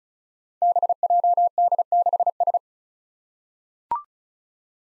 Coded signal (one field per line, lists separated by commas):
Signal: Morse code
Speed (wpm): 36 wpm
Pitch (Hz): 700 Hz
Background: none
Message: BJD6S